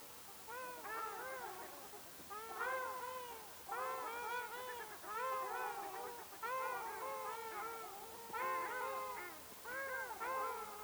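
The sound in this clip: Ruddy shelduck calls in short bursts of several nasal honks, each cluster separated by brief pauses.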